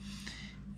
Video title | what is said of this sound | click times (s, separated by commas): Civivi Vision Review - Not your typical knife | where it fits in and holds the blade firm you can hear the click then you just | 0.3 s